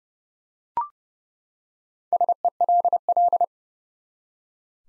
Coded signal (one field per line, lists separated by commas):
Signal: Morse code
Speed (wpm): 30 wpm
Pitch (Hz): 700 Hz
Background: none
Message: SELL